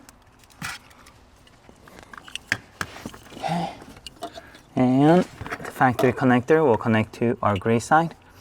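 On a 2025 Toyota 4Runner, the factory vehicle wiring connector is handled up to the gray side of the plastic harness on an add-on throttle controller module, with a few brief, sharp handling ticks before someone talks. The clip ends just before the part goes home; nothing has seated or clicked yet.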